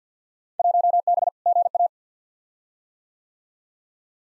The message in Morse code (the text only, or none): 1B GA